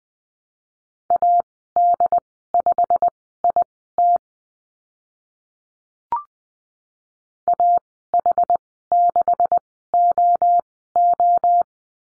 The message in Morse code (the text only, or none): AD5IT AH6OO